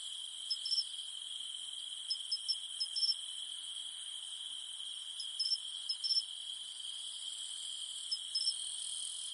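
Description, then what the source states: Steady shrill cicada drone, with repeated short chirps in small groups scattered over the whole stretch. In the mountains at night; only the humming of cicadas remains.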